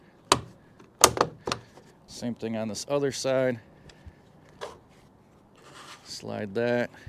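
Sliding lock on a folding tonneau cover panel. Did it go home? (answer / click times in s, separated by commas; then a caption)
yes / 0.3 s. The sliding lock on a folding panel of an OEDRO quad-fold truck bed tonneau cover is slid across and seats with a loud, sharp click at 0.3 s. More sharp knocks follow around 1.0 to 1.5 s, and then someone talks. The lock is in place.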